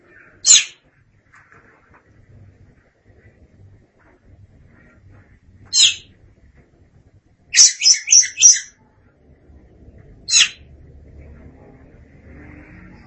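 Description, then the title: Oriental magpie-robin song: sparse high, sharp notes and one rapid run of four chirps, with long silences and faint low background noise. "Suara Kicauan Burung Kacer"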